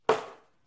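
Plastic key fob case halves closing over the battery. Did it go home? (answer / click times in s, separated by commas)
yes / 0.1 s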